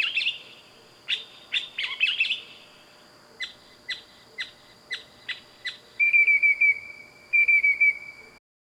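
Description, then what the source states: Bird giving high chirps in a spaced series, then rapid bright whistled trills at the end, with a faint steady hum beneath. Loud bird calls at night.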